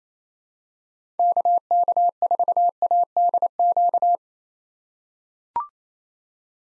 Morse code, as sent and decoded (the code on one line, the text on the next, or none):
-.- -.- ....- .- -.. --.-
KK4ADQ